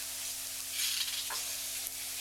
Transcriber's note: turns pages